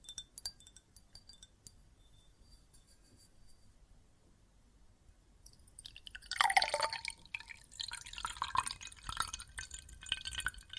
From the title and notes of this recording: ASMR Relaxing Water and Soap Foam Sounds (No Talking).